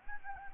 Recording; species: mosquito wingbeat signal from an infrared sensor; Anopheles gambiae